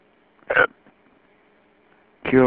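Two abrupt, brief voiced gulps about 1.8 seconds apart from an adult, each a sharp 'hic' with a sudden onset and quick cutoff, over faint telephone-line hiss on a phone message. These are hiccups: involuntary diaphragm spasms that snap the vocal cords shut.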